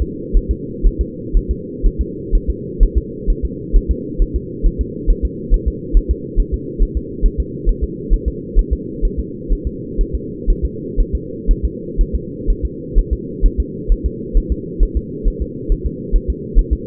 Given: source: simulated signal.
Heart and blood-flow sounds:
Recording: fetal heart sounds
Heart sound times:
0.02 s: S2
0.37 s: S1
0.51 s: S2
0.87 s: S1
1.01 s: S2
1.37 s: S1
1.51 s: S2
1.86 s: S1
2.01 s: S2
2.35 s: S1
2.50 s: S2
2.83 s: S1
2.98 s: S2
3.30 s: S1
3.45 s: S2
3.76 s: S1
3.91 s: S2
4.22 s: S1
4.36 s: S2
4.66 s: S1
4.81 s: S2
5.10 s: S1
5.25 s: S2
5.54 s: S1
5.68 s: S2
5.97 s: S1
6.11 s: S2
6.40 s: S1
6.54 s: S2
6.82 s: S1
6.97 s: S2
7.26 s: S1
7.40 s: S2
7.69 s: S1
7.84 s: S2
8.13 s: S1
8.28 s: S2
8.59 s: S1
8.73 s: S2
9.05 s: S1
9.19 s: S2
9.52 s: S1
9.67 s: S2
10.01 s: S1
10.15 s: S2
10.50 s: S1
10.65 s: S2
11.01 s: S1
11.15 s: S2
11.51 s: S1
11.65 s: S2
12.01 s: S1
12.15 s: S2
12.50 s: S1
12.65 s: S2
12.99 s: S1
13.13 s: S2
13.46 s: S1
13.60 s: S2
13.92 s: S1
14.06 s: S2
14.38 s: S1
14.52 s: S2
14.83 s: S1
14.97 s: S2
15.28 s: S1
15.42 s: S2
15.72 s: S1
15.86 s: S2
16.16 s: S1
16.30 s: S2
16.59 s: S1
16.73 s: S2
From the record:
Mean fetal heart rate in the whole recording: 130 bpm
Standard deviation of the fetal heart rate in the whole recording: 4 bpm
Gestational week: 38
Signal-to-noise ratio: -4.1 dB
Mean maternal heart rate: no maternal heart sound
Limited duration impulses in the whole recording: absent

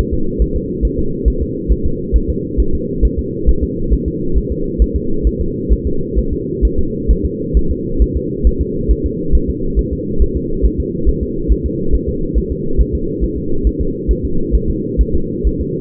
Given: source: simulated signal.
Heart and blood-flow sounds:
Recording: fetal heart sounds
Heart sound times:
0.14 s: S2
0.42 s: S1
0.57 s: S2
0.85 s: S1
0.99 s: S2
1.28 s: S1
1.42 s: S2
1.72 s: S1
1.86 s: S2
2.16 s: S1
2.30 s: S2
2.60 s: S1
2.75 s: S2
3.05 s: S1
3.19 s: S2
3.49 s: S1
3.64 s: S2
3.93 s: S1
4.08 s: S2
4.38 s: S1
4.52 s: S2
4.82 s: S1
4.96 s: S2
5.27 s: S1
5.41 s: S2
5.73 s: S1
5.87 s: S2
6.19 s: S1
6.33 s: S2
6.65 s: S1
6.79 s: S2
7.11 s: S1
7.26 s: S2
7.57 s: S1
7.71 s: S2
8.02 s: S1
8.17 s: S2
8.47 s: S1
8.61 s: S2
8.91 s: S1
9.06 s: S2
9.35 s: S1
9.50 s: S2
9.79 s: S1
9.93 s: S2
10.22 s: S1
10.37 s: S2
10.66 s: S1
10.80 s: S2
11.09 s: S1
11.23 s: S2
11.52 s: S1
11.66 s: S2
11.95 s: S1
12.09 s: S2
12.38 s: S1
12.52 s: S2
12.81 s: S1
12.95 s: S2
13.24 s: S1
13.38 s: S2
13.67 s: S1
13.81 s: S2
14.11 s: S1
14.25 s: S2
14.55 s: S1
14.70 s: S2
15.01 s: S1
15.15 s: S2
15.47 s: S1
15.61 s: S2
From the record:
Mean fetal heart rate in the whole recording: 135 bpm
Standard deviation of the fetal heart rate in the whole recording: 3 bpm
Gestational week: 34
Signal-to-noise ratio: -8.1 dB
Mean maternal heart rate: 72 bpm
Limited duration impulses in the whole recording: absent

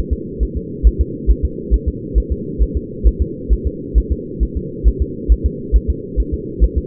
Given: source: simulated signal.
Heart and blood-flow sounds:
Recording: fetal heart sounds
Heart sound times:
0.13 s: S2
0.43 s: S1
0.57 s: S2
0.87 s: S1
1.01 s: S2
1.31 s: S1
1.45 s: S2
1.74 s: S1
1.88 s: S2
2.18 s: S1
2.32 s: S2
2.62 s: S1
2.77 s: S2
3.07 s: S1
3.22 s: S2
3.53 s: S1
3.67 s: S2
3.98 s: S1
4.12 s: S2
4.43 s: S1
4.57 s: S2
4.88 s: S1
5.02 s: S2
5.32 s: S1
5.46 s: S2
5.76 s: S1
5.90 s: S2
6.20 s: S1
6.34 s: S2
6.64 s: S1
6.78 s: S2
From the record:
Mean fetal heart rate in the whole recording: 135 bpm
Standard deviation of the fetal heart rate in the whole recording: 3 bpm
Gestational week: 34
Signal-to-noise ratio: -4.1 dB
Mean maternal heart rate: no maternal heart sound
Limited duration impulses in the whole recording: absent

